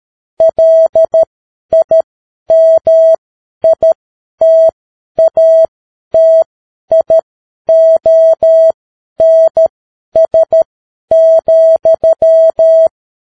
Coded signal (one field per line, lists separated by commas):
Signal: Morse code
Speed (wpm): 13 wpm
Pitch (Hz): 650 Hz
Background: none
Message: LIMITATIONS,